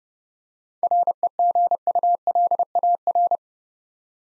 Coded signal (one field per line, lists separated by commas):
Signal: Morse code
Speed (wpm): 28 wpm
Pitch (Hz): 700 Hz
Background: none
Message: REGULAR